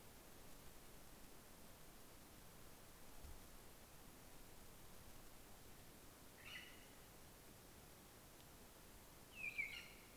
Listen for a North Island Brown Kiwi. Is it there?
no